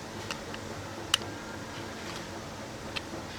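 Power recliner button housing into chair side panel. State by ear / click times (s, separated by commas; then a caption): seated / 1.1 s. The plastic power button housing of a Bradington Young power recliner is pushed back into its opening in the chair's side panel. A few faint ticks come first, then a single sharp click at 1.1 s as the two clips at the top snap together and the housing seats. Another faint tick follows near 3.0 s.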